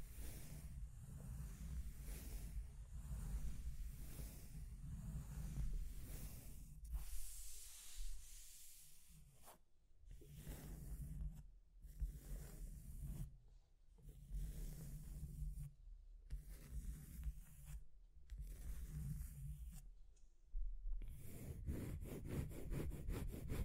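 Scratching and tracing sounds move in repeated rubbing strokes, with low, rumbly scraping and brighter hissy edges. Around the middle the strokes break into shorter bursts separated by brief silences, and near the end a rapid, regular ticking scratch takes over.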